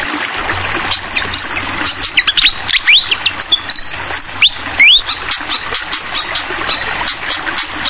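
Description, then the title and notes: Hill blue flycatcher song: a lively run of clear whistled notes and rising slurs, then a fast series of short repeated high chirps, over a steady hiss like flowing water. Tutoring track for training songbirds (masteran), clear-voiced flycatcher song mixed with the sound of gurgling water. "Masteran Sikatan Kipas Suara Jernih Dan Suara Gemericik Air. Suara Burung Sikatan Londo"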